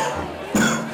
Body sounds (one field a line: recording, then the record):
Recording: coughing mixed with background sound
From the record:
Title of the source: Wet Throat Infection Cough